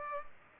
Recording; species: mosquito wingbeat signal from an infrared sensor; Culex pipiens